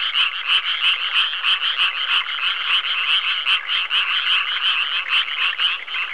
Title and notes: NHK Sound Effects Collection - 3-Frogs, Crickets, Cicadas, Horses, Dogs. NHK効果音集 - 3-カエル・虫・セミ・ウマ・イヌ